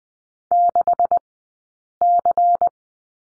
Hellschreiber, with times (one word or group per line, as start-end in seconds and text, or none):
none